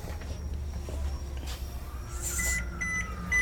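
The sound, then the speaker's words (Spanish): A mobile phone ringtone plays a short electronic melody of bright, high-pitched tones, starting partway through over a low background hum and rising in loudness toward the end. “¿Y esa canción tan bonita que está ahí? Ah, tu celular.”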